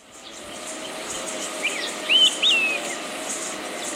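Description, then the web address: Olive-sided flycatcher giving its whistled phrase, a short note followed by a rising then a sliding downward whistle, against a continuous high-pitched insect drone. Recorded in Ecuador. "S America Birds of Ecuador. Olive-sided Flycatcher"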